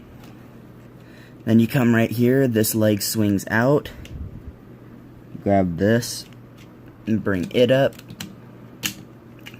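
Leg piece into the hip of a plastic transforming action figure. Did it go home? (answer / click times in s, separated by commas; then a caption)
yes / 8.2 s. A plastic leg piece of a Transformers The Last Knight Voyager Class Premier Edition Nitro Zeus transforming action figure is swung out and brought up into the hip while someone talks. It clicks into place with a sharp snap at 8.2 s, and several smaller handling taps follow.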